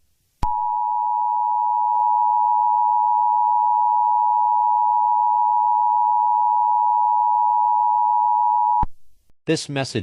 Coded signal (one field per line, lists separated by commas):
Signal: Emergency Alert System (SAME) tones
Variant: 853 and 960 Hz attention tone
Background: speech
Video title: Anime girls - A EAS scenario